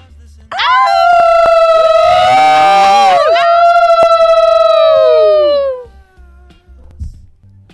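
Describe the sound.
On a moonlit night, people imitate wolves with one long, loud howl that swoops up, wavers on a high sustained pitch for several seconds, then slides downward and fades out.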